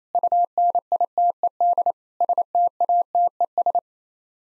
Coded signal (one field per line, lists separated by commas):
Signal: Morse code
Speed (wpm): 28 wpm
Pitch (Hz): 700 Hz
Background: none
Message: UNITED STATES